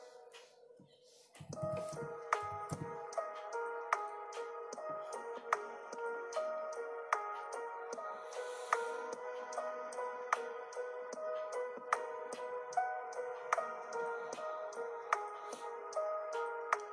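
Lofi study music, nearly silent for the first second and a half before a warm, steady chord bed starts with a few low thumps. A soft, regular beat taps along at an even pace, with bright clicks scattered over the sustained tones.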